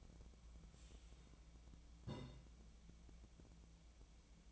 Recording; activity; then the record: daily activity, microphone in the room; take from stove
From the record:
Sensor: 1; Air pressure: 1010.0 hPa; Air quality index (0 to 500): 188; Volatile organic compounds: 17 ppm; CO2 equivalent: 2585 ppm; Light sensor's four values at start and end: 38/97/40/49 and 38/97/40/49